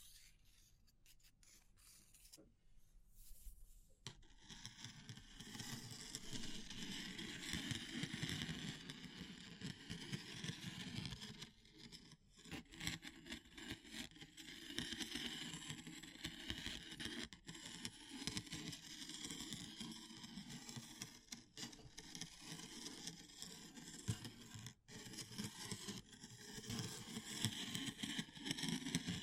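Wood, bamboo and straw are handled in a dense, continuous rustle of dry crackles, scrapes and taps. The first four seconds are quieter, with sparse clicks, and then the rubbing starts and stays busy to the end, with short pauses near 12 and 25 seconds.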